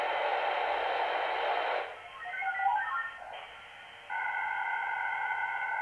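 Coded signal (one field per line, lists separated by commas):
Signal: HF data modem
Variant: VARA HF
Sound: dense hissing data burst, brief stepping tones, then a chord of steady tones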